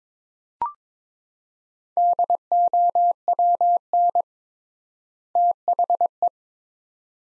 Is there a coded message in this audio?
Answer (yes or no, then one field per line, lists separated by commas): yes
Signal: Morse code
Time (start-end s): 2.0-6.3 s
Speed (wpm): 22 wpm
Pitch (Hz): 700 Hz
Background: none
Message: DOWN THE